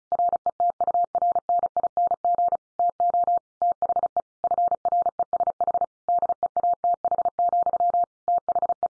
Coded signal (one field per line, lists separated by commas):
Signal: Morse code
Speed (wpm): 34 wpm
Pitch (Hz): 700 Hz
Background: none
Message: RETURNING TO THE FRESH DEATH, THE